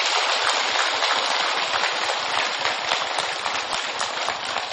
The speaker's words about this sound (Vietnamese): Và trước khi đi vào cái phần chiếu phim đó, thì sẽ có cái phần tiết mục khá quan trọng, đó là lễ tuyên dương Thượng tọa Banya Veseka đến từ Stanseria, Úc Châu. Xin vị dân một tràng vỗ tay thật lớn.